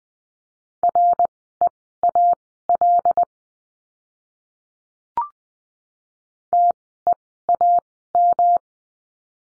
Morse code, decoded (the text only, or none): REAL TEAM